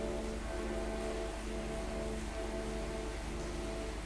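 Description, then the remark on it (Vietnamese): A steady, dense wash of heavy rain during a thunderstorm hisses without pause across the whole stretch, with a low hum underneath and no voices. “Bây giờ mưa, các bạn có thể nghe tiếng mưa rồi, sấm sét cũng y ầm rồi.”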